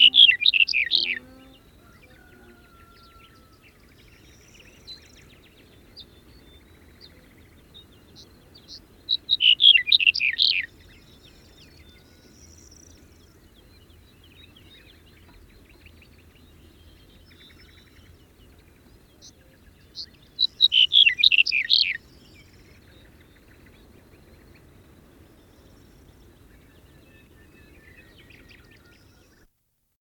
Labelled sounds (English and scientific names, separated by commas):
Black-headed Bunting (Emberiza melanocephala) song